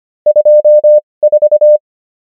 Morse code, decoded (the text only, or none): 24